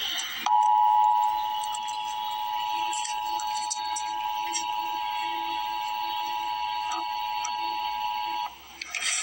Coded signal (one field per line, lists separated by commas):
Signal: Emergency Alert System (SAME) tones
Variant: 853 and 960 Hz attention tone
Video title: Emergency Alert System - Cold Weather Advisory - Jan 22, 2026 at 12:53 PM EST